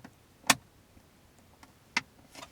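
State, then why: Seated. The plastic frame of a leather shift boot is gently tapped down into the center console opening of a Volvo C30. Two sharp clicks at 0.5 s and 2.0 s mark the front clip and then the back clip snapping in, with faint taps around them. The frame is seated securely in the console.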